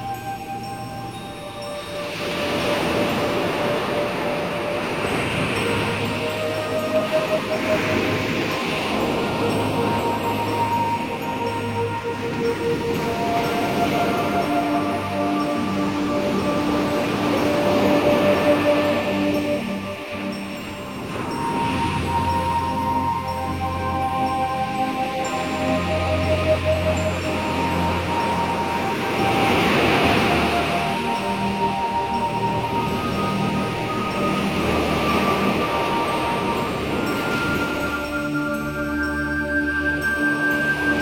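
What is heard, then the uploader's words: Soft sea wash swells and recedes in slow waves, rising roughly every five to ten seconds, beneath gentle music of sustained tones and chime-like notes that shift in pitch. The sound is steady and full, with a brief dip near twenty seconds. Calming Sea with Reiki Music.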